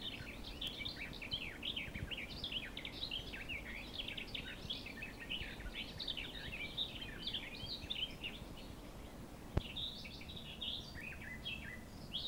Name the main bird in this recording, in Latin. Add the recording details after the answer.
Sylvia borin. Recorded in the wild. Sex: male. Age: adult. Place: Ossiach, Ossiacher See, Kärnten, AT. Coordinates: 46.6763, 13.9632. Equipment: Hornyphon Bandgerät, Phillips Mikrofon Type EL 6020, Kopie DAT. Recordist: Brunner, Thomas